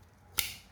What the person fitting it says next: Like that. Did you hear the click?